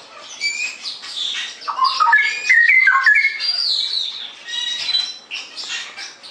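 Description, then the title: Straw-headed bulbul song, rich bubbling whistled phrases rising and falling, mixed with busy high chirps and squeaks. Masteran song-tutoring recording for caged birds; described as clear quality, cucak rowo 'ropel gacor' song style. "mster Mnuk. Masteran Burung CUCAK ROWO. Cucak Rowo Ropel Gacor"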